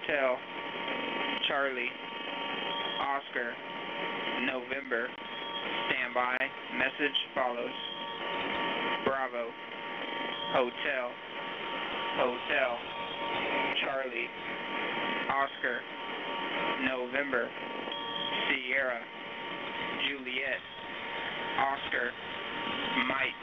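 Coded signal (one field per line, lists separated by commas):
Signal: coded military voice message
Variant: Emergency Action Message, English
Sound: a male voice reads a long string of phonetic-alphabet letters and numbers over radio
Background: radio static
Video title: [US Air Force 8992KHz] Emergency Action Message; 2. June 2020, 18:18 UTC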